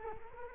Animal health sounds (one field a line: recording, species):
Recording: mosquito wingbeat signal from an infrared sensor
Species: Culex quinquefasciatus